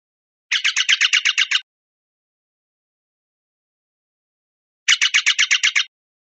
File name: CR STJA 041203